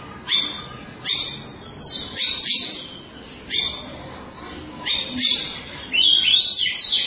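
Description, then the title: Oriental magpie-robin song of harsh, rasping bursts repeated roughly every second, ending in a brighter run of high whistled and scratchy notes. Chirping song (kicauan) of the bird. "Suara Kicauan Burung Kacer Durasi Panjang"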